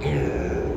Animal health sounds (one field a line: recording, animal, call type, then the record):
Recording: contact call of a hoofed animal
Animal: pig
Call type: closed-mouth grunt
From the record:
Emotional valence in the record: negative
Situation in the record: short social isolation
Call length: 0.78 s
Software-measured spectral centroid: 1290 Hz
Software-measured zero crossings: 1000 a second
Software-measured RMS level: -24 dBFS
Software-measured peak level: -12 dBFS